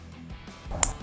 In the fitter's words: and we listen for the snap